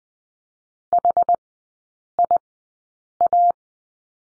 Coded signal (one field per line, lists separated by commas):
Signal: Morse code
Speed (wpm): 19 wpm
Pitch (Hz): 700 Hz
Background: none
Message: HIA